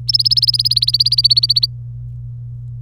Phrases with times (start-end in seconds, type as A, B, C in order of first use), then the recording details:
0.08-1.67 A. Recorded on 25 April 2018 at 16:04. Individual llb3